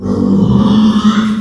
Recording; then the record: squeal of a Yucatan mini pig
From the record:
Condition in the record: after surgery on the right vocal fold (resection and tissue-engineered implant); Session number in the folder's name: 16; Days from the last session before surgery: 183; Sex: female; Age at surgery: 19 weeks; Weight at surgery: 25 kg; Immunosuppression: prednisolone